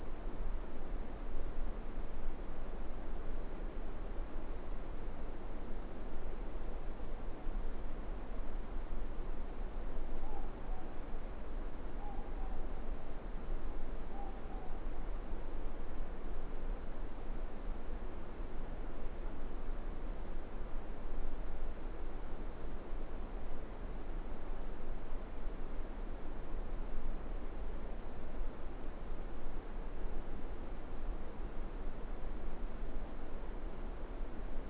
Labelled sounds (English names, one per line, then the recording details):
Morepork more-pork call
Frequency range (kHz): Morepork 0.6-1.1 kHz
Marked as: faintness 4/5
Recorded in New Zealand
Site Eglinton